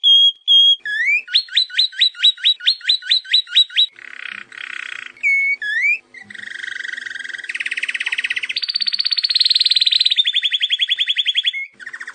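Canary song: clear steady whistles, a rapid series of rising upswept notes, buzzy rattles, then long fast trills climbing to a higher pitch before dropping.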